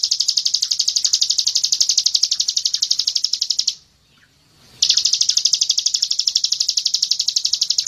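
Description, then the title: Bird giving a rapid high trill of even buzzy pulses, dropping out for about a second, then returning at the same pitch. Masteran recording, meaning a training recording used to tutor songbirds. "Suara masteran Burung"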